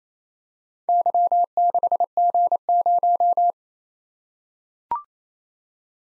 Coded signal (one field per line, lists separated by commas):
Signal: Morse code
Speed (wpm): 28 wpm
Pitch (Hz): 700 Hz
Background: none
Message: Y6G0